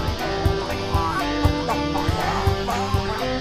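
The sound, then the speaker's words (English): Geese honk in short, nasal bursts over a steady musical backing with a regular thumping beat, in a rendition of the song Old MacDonald Had a Farm, the calls repeating throughout at moderate loudness. “Old MacDonald had a farm and on that farm he had some geese.”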